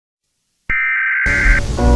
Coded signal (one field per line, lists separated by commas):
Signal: Emergency Alert System (SAME) tones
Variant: header bursts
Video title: Climate change & Polar bear 2026 eas scenario